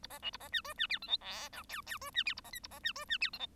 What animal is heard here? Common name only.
Bengalese Finch